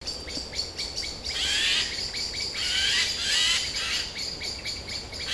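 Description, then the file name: Eurasian jay uttering rough, drawn-out screeches over a steady series of faint, regular high ticks. "Garrulus glandarius"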